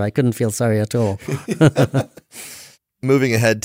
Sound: laughter